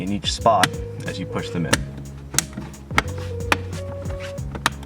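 The plastic clips of the map light lens cover on a 2013 fourth-generation (2013–2018) Toyota RAV4 are pushed one spot at a time into the overhead console, with the holes for the switches lined up, while someone talks over background music. Sharp clicks ring out at 2.4, 3.0, 3.5 and 4.7 seconds as each clip snaps in, and the lens cover is seated.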